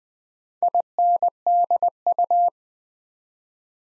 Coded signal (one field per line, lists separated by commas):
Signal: Morse code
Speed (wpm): 20 wpm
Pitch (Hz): 700 Hz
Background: none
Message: INDU